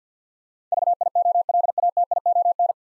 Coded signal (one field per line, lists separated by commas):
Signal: Morse code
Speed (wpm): 48 wpm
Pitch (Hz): 700 Hz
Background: none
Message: VIOLATION